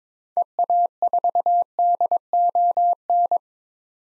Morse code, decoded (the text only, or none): EA4DON